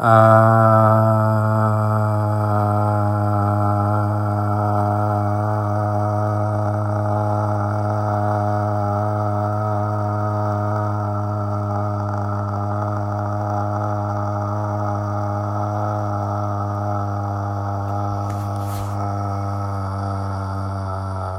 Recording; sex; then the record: sustained vowel /a/; male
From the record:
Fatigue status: no fatigue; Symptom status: symptomatic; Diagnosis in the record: COVID-19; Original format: m4a